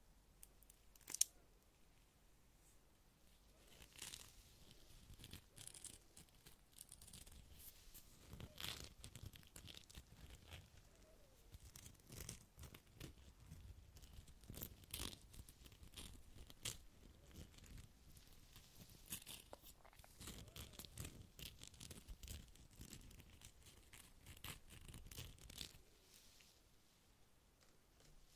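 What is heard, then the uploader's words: A face and microphone being brushed, giving dense bristly scratching strokes that run almost the whole time. The strokes come in quick irregular bursts with a soft rubbing low end, briefly thinning near the start and stopping shortly before the end. ASMR Face and Microphone Brushing for Relaxation.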